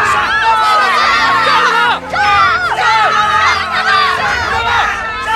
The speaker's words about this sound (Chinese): 狂战队一出场就点燃了观众的狂热，强烈的欢呼声响彻全场。